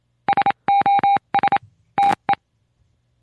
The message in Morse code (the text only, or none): SOS TE